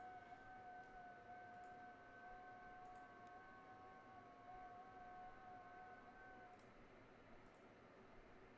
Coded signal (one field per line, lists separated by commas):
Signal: FT8